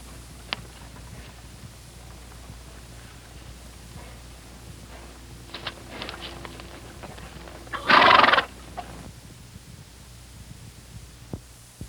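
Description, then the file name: Horse giving one short, loud, breathy snort near the eighth second, with soft breathing and faint rustles over a low steady hum. "R 13-33-Horse Breath and Snort"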